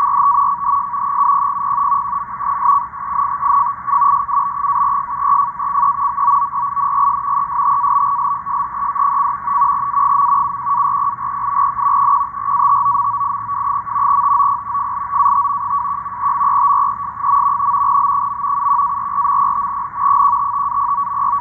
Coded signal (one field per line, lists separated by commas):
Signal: NAVTEX (SITOR-B)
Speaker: you can see the code so here you can see the matching lines footed the code and of course to the code going on right here